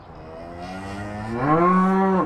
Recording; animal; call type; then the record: contact call of a hoofed animal; cattle; low-frequency (closed-mouth) or high-frequency (open-mouth) call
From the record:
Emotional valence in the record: negative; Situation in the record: full separation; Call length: 2.3 s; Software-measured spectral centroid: 1150 Hz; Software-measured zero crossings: 1450 a second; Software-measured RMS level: -22 dBFS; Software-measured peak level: -7 dBFS